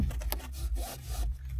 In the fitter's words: Įsifiksuojam patį galą.